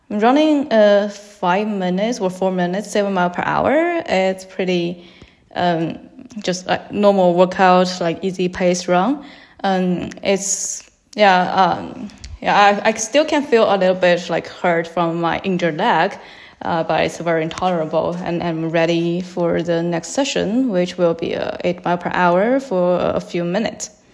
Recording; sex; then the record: free speech after running; female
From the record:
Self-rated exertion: light exertion (2 of 6); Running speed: 7 miles an hour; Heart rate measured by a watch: 108 beats a minute at the start, 101 at the end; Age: 28 years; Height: 155 cm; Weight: 44 kg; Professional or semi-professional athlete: no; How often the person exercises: 3 to 5 times a week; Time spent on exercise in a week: over 5 hours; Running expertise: yes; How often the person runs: 3 to 5 times a week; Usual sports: running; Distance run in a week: 45 km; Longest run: 32 km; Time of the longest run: 200 minutes